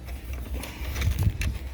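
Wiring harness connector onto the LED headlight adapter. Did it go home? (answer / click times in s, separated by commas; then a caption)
yes / 1.4 s. A plastic wiring harness connector is slid onto the adapter of an LX-Light 7-inch Cree LED headlight on a Jeep JK, over a steady low hum and faint rustling. After a small tick at 0.6 s, a sharp click at 1.4 s shows the connector snapping home and seating.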